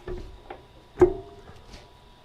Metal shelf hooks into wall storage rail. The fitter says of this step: so make sure you get them lined up pull them down you'll feel it lock into place